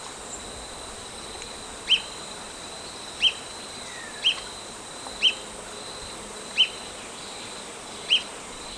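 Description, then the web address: Olive-chested flycatcher calls: short, sharp single notes repeated roughly every one to one and a half seconds, six in all, with constant high insect hum behind. Ecuador. "Birds of Ecuador Olive-chested Flycatcher"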